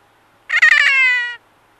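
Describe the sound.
Single kea screech opening with a few choppy pulses, then drawn out into a steady, slowly descending harsh wail.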